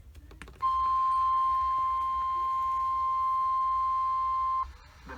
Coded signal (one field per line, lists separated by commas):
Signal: Emergency Alert System (SAME) tones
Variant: 1050 Hz attention tone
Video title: EAS Alerts from April 13, 2020 (EAS #45-56)